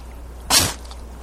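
One sharp, hissy burst of air lasting about a quarter of a second, with no voiced tone, over a faint low hum. It is a single sneeze from an American beaver.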